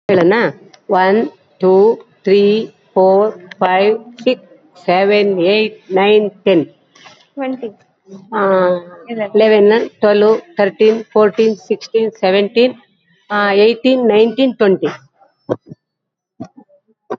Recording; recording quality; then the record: counting at a normal pace; excellent, no background noise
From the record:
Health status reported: healthy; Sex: female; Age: 50 years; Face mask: worn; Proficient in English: no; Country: India